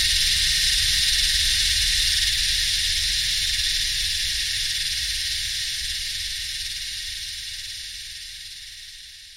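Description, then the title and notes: Yellowbelly cicadas in full chorus, an unbroken shrill buzz that slowly fades toward the end, with faint low humming beneath. Psaltoda harrisii, several cicadas singing in the heat with humming machines, subtropical dry sclerophyll forest and heathland, Royal National Park, NSW, Australia, 7 December 2015, early summer. "My Yellowbelly friends (Psaltoda harrisii) singing in the heat along with some humming machines in a mixture of subtropical dry scherlophyll forest and heathland. 7th of December, 2015 (Royal National Park, NSW, Australia.)"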